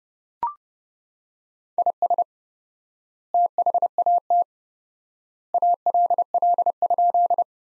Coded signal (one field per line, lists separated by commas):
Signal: Morse code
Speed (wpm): 31 wpm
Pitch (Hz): 700 Hz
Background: none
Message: IS THAT ALL?